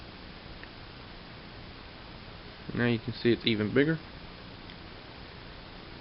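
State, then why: Seated. A plastic beam effect part for a model kit sword is slid onto the blade and clicks into place at 0.6 s. A second faint click comes at 4.7 s, and someone talks from about 2.7 to 4.0 s over a steady low background hiss.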